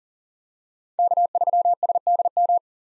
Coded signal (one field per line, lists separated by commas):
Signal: Morse code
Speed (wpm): 40 wpm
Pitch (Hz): 700 Hz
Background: none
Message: K3SDM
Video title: 2023 POTA Hunter Call Signs - 40wpm